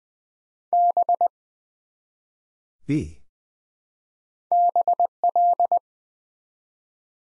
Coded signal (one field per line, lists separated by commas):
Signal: Morse code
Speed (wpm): 20 wpm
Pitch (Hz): 700 Hz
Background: none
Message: B BL